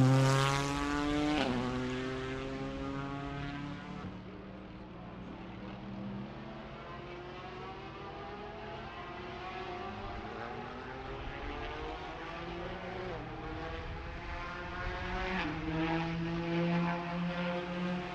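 Racing engines drone steadily, their pitch climbing and dropping through gear shifts near 1.5, 4, 13 and 15 seconds, with a hissing bed underneath.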